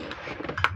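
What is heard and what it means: During reassembly of a rice cooker, the plastic back/bottom cover is pressed onto the housing, with a few faint plastic knocks as it is pushed into place. A sharp, loud click at 0.6 s marks the cover seating fully into the housing.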